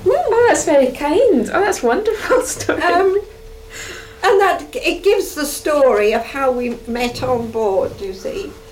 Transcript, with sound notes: Oh, that's very kind. Oh that's a wonderful story! [laughs]
And it gives the story of how we met on board, you see.